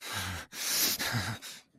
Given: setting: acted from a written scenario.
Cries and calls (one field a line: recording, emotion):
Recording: vocal sound without words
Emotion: distress